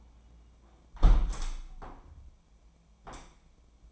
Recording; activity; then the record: daily activity, microphone in the room; close window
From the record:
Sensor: 1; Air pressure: 1012.4 hPa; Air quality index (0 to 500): 166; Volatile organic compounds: 3 ppm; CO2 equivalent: 1356 ppm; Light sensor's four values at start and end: 155/348/154/162 and 154/344/153/162